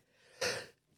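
A single sudden, hissing burst of air lasting about a third of a second: an ordinary adult sneeze.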